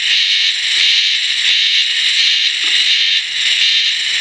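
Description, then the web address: Insect giving a loud, unbroken, high-pitched buzzing drone with only slight wavering in strength. "cats sikioto insect"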